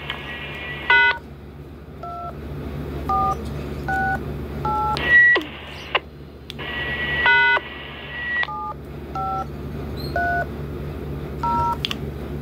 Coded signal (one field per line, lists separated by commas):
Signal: DTMF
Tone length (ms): 290 ms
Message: # 2 468 # 753 0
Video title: Talking repeater cor clock dtmf